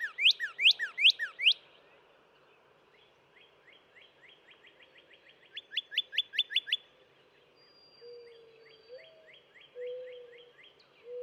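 Northern cardinal singing a burst of loud slurred whistles, then a rapid series of short slurred notes, then another softer series.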